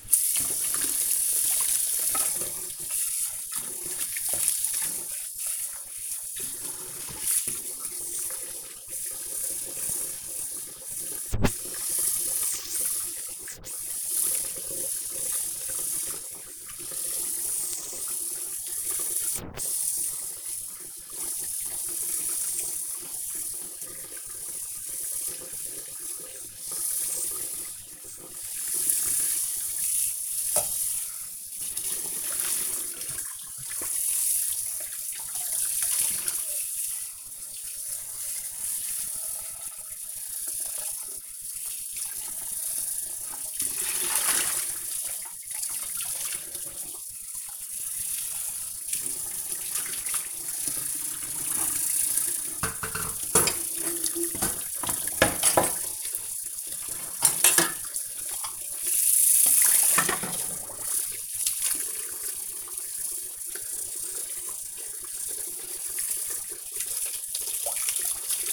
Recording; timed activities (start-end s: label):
household activities, microphone on the right wrist
0.00-68.53 s: washing dishes